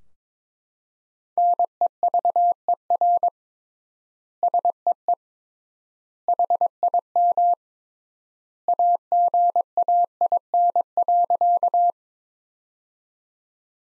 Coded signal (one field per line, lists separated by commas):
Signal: Morse code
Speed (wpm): 22 wpm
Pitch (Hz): 700 Hz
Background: none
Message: NEVER SEE HIM AGAIN.